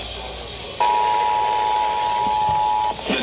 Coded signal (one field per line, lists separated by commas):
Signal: Emergency Alert System (SAME) tones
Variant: 853 and 960 Hz attention tone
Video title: THE DECLARATION OF WEATHER - EAS Alerts from 07/04/2022 (EAS #507-572)